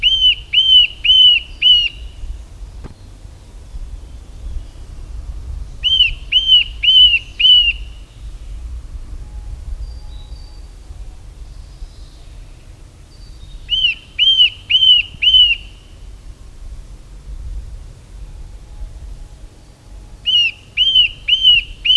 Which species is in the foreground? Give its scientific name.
Sitta europaea